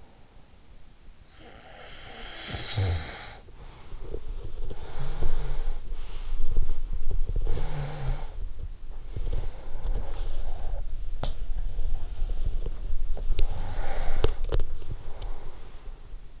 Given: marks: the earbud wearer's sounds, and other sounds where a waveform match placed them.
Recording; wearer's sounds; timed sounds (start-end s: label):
sounds in sleep by an in-ear microphone; snoring breath, body movement, teeth grinding, breath
1.07-4.07 s: snoring breath
3.51-16.40 s: body movement
4.55-6.76 s: snoring breath
7.65-10.80 s: snoring breath
11.11-11.57 s: sound from someone else or the room
12.56-14.77 s: teeth grinding
13.20-16.08 s: breath